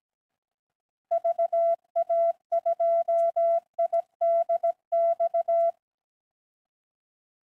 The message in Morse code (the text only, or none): VA2IDX